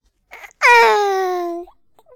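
A baby cries: a brief breathy sound, then a single sustained wail lasting about one second, its pitch gliding slowly downward, with rich harmonics.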